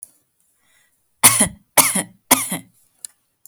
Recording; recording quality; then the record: shallow voluntary cough; excellent, no background noise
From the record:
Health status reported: healthy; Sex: female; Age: 31 years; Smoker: no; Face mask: not worn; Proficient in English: yes